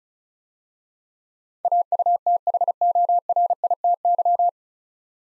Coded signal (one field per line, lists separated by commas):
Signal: Morse code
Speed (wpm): 36 wpm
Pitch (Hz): 700 Hz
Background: none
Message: AUTHORITY